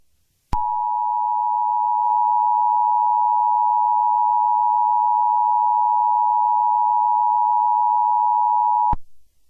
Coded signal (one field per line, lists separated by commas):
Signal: Emergency Alert System (SAME) tones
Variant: 853 and 960 Hz attention tone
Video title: EAS Scenario #1: Lost Boy